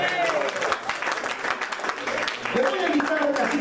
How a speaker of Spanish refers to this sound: Una fuerte aplauso.